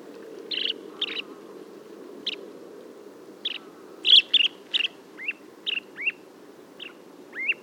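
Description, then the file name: Common ringed plover calls: a series of short chirps, then several soft rising whistled notes near the end, with a low hum underneath. 30 August 2013. "crplov hiaticula. seelhaus"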